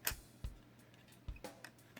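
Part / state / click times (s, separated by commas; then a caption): plastic projectile into toy ship launcher / seated / 0.1 s. A small plastic projectile is slid into a hole on the underside of a Star Wars Expanded Universe toy airspeeder and clicks into its launcher at 0.1 s, seating firmly. A few softer knocks and handling taps follow through the rest of the clip.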